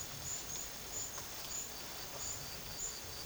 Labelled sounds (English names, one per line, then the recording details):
none
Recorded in pastures near Puerto Asís, Putumayo, Colombia, on 8 March 2025 at 11:30
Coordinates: 0.487, -76.322
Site G077